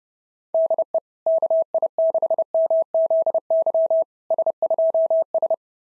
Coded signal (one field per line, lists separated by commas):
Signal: Morse code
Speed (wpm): 27 wpm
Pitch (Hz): 660 Hz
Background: none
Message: DE KI6MZY S2S